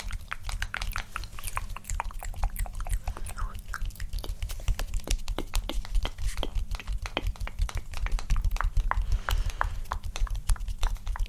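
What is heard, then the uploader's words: Layered mouth sounds of tapping and scratching, a dense run of quick clicks and wet crackles that spread from low to bright. The clicks come irregularly but constantly for the whole stretch, over a steady low rumble, with moist, chewing-like textures mixed in. ASMR Personal Attention For EXTREME Tingles Tapping, Scratching, Layered, Mouth Sounds.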